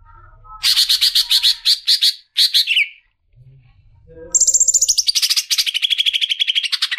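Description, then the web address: Greater green leafbird song: bursts of rapid high chattering notes, a short pause, then a long fast trill of sharp notes slowly falling in pitch. "suara burung cucak ijo"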